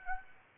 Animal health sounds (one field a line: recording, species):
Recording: mosquito wingbeat signal from an infrared sensor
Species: Aedes aegypti